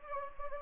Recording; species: mosquito wingbeat signal from an infrared sensor; Anopheles gambiae